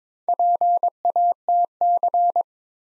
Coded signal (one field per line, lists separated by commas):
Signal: Morse code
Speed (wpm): 22 wpm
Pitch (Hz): 700 Hz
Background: none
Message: PATC